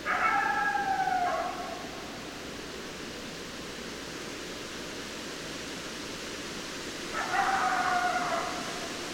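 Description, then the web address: Coyote howls, two bursts of wavering, slightly falling tones with harmonics, one at the start and another about seven seconds later, over steady background hiss. Recorded 10 December 2012. "sounds mammals Coyote 2012 12 10 Coyotes"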